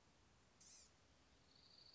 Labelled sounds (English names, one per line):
Blue-gray Gnatcatcher